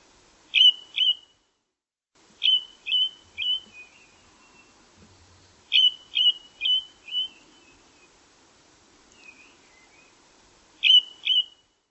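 Bird giving clear whistled notes in short bursts of two to four, with pauses between bursts.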